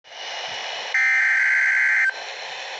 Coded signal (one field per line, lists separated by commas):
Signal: Emergency Alert System (SAME) tones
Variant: header bursts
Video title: NOAA weather radio: severe thunderstorm warning